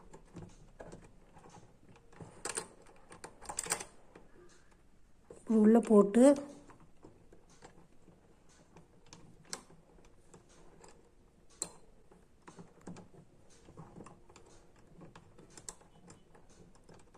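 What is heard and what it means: A bobbin case holding its bobbin is handled at the hook and shuttle assembly of a sewing machine, with scattered short, sharp taps and small knocks across the clip. Someone talks, loudest in a brief burst around 5.5 to 6.5 seconds. The clip ends just before the case goes home, so nothing has seated or clicked yet.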